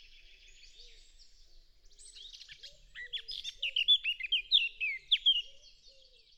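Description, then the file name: Eurasian blackcap song: soft subdued twittering for a few seconds, then a louder burst of varied fluty, whistled notes. "Sylvia atricapilla"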